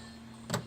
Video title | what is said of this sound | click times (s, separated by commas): How to Replace Headlamp Bulbs on a 2014 Maserati Ghibli SQ4 | just snapped into place there | 0.5 s